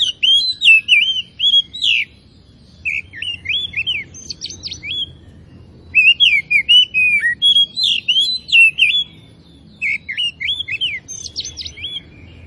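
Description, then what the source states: Oriental magpie-robin singing in bursts of rapid whistled and chirping notes, phrases separated by brief quiet gaps, with a faint low hum beneath. Tretes kacer (oriental magpie-robin) singing gacor, i.e. vigorously and continuously.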